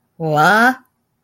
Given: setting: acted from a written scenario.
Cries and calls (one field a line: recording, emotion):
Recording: vocal sound without words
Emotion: confusion